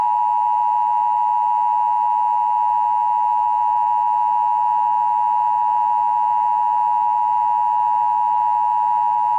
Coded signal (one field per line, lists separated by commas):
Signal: Emergency Alert System (SAME) tones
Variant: 853 and 960 Hz attention tone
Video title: Emergency Broadcast System Collection